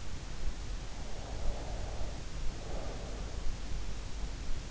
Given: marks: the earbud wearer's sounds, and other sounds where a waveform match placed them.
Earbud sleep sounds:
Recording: sounds in sleep by an in-ear microphone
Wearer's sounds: breath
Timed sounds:
1.04-3.49 s: breath

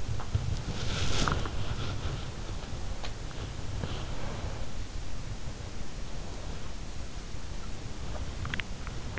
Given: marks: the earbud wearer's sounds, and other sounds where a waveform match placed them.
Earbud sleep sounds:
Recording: sounds in sleep by an in-ear microphone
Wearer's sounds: body movement, swallowing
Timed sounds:
0.00-5.16 s: body movement
8.26-8.94 s: swallowing

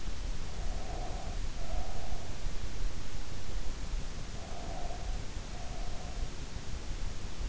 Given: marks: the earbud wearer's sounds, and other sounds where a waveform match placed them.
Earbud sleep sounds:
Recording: sounds in sleep by an in-ear microphone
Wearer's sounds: breath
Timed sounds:
0.53-2.78 s: breath
4.42-6.29 s: breath

